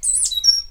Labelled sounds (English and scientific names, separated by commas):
Stitchbird (Notiomystis cincta) song